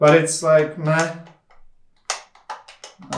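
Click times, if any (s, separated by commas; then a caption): 2.1 s. Someone talks, then the bolt handle on an airsoft rifle bolt is rotated into its detent and seats with a weak click at 2.1 s, followed by a few fainter ticks. The handle clicks in place, but the feel is not liked.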